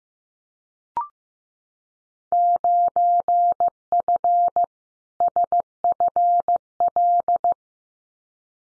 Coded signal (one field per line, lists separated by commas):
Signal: Morse code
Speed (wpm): 15 wpm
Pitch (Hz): 700 Hz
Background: none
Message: 9F SFL